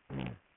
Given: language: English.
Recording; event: throat vibration sensor signal played as sound; throat clearing